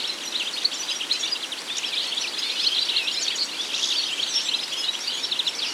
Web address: Goldfinch